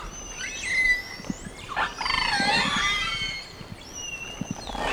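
Whale calls: a layered chorus of wavering harmonic whistles, mixed with short low pulsed clicks and a gliding downward tone.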